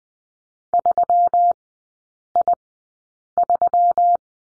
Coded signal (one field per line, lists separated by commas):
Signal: Morse code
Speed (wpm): 20 wpm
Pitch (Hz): 700 Hz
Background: none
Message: 3I3